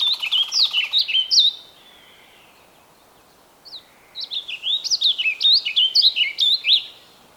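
Bird singing short bursts of high chirping and whistled notes, then a quiet gap and a longer lively phrase of repeated whistled notes.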